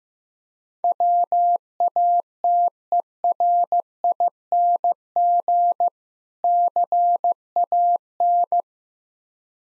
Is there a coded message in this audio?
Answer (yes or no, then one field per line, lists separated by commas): yes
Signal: Morse code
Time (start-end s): 0.8-8.6 s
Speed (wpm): 15 wpm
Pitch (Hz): 700 Hz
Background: none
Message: WATERING CAN